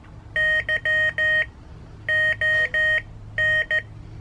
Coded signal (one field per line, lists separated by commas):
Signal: Morse code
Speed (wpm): 14 wpm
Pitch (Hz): 1850 Hz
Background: none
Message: YON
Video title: Morserino-32 Morse Code Trainer Demonstration